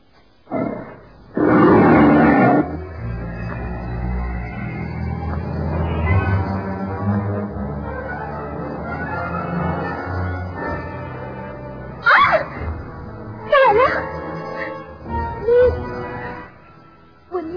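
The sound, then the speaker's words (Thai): Big cats, a leopard, a tiger and a lion, three in all, roar and growl in a forest: a loud, harsh roar bursts out early, followed by long rumbling growls, then a few sharper, rising snarls near the end. “เสือดาวเสือคร่องและสิงโตที่ไม่เคยมีในป่าแถบนี้จู่ๆก็มาปรากฏกายขวางทางเราถึง3ตัวแล้ว”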